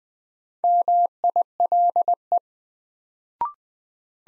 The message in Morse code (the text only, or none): MILE